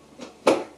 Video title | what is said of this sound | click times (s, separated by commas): The new 2020 Filmomat - fully automatic film processing machine | it on here and then rotate it until it snaps | 0.5 s